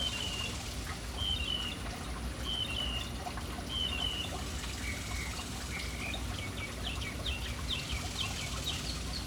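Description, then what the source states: Birds calling, several short whistled notes spaced about a second apart, then quick chirps, over running water. City birds at an urban fountain.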